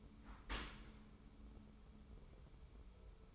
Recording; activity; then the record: daily activity, microphone in the room; open dishwasher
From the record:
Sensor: 1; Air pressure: 1015.0 hPa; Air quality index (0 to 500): 25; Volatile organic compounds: 0 ppm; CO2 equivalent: 500 ppm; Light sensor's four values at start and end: 13/30/12/13 and 13/30/12/13